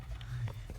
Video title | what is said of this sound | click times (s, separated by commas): FIRST DRIVE BACK IN MY 300BHP MK4 GOLF GTI 1.8T *BRAKE AND CLUTCH SWITCH FIX* | make sure you twist it until it clicks guys otherwise it won't be improperly so that's clicked in and | 0.2 s, 0.5 s